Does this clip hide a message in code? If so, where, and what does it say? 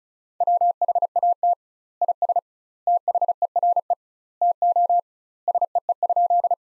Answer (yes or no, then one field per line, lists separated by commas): yes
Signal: Morse code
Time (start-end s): 0.4-6.5 s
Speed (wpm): 36 wpm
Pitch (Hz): 700 Hz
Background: none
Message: WHAT IS THERE TO SEE?